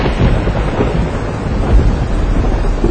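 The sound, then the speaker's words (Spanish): Heavy, continuous rumbling of a thunderstorm, with deep low booms rolling over a steady hiss of rain, loud throughout with a slightly stronger swell near the middle. “Ese viernes, en medio de aquella tormenta, llegó mi padre.”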